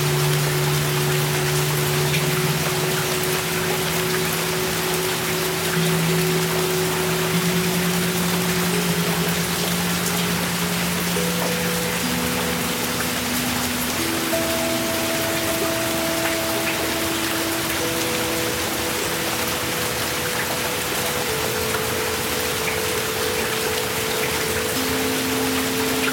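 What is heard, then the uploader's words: Heavy rain pours down in a dense, steady hiss that never lets up, full from low to bright. Underneath, faint steady tones hum and shift pitch every few seconds, like a motor or machine running through the downpour. Heavy rain in guntown by Pong Wolfgun.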